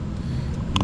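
A small plastic trapdoor access cover in the door trim panel of a Honda CR-V, removed for window regulator and motor work, is pressed home against a steady low-frequency rumble. A sharp click at 0.8 s, followed by a softer tick, marks the cover seating into place.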